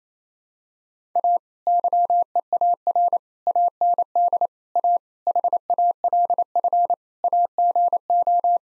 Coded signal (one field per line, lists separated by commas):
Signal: Morse code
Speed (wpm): 28 wpm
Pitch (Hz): 700 Hz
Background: none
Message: A YEAR AND A HALF AGO